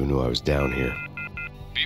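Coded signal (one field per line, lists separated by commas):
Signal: none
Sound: game's phone ringing beeps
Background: speech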